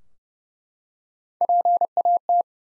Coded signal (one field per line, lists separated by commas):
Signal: Morse code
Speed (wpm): 30 wpm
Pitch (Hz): 700 Hz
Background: none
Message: PAT